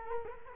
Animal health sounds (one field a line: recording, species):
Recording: mosquito wingbeat signal from an infrared sensor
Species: Culex quinquefasciatus